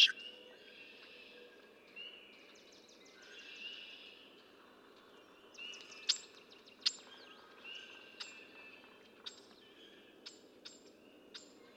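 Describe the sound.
Red-winged blackbird calls: scattered sharp chips over a steady low hiss, with faint buzzy notes near the start.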